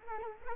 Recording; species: mosquito wingbeat signal from an infrared sensor; Culex quinquefasciatus